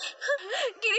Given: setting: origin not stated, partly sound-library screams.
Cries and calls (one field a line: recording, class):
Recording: one-second piece from a danger detection set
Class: woman in danger